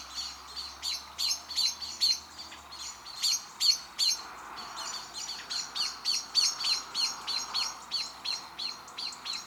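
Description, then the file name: Eurasian blackbird calls, a long run of sharp, clipped chinking notes, about three each second, uneven in spacing, over faint background noise. "Turdus merula"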